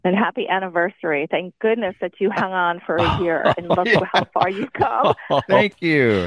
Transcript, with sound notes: And happy anniversary. Thank goodness that you hung on for a year.
(laughs)
Yeah.
And look at how far you've come.
Thank you,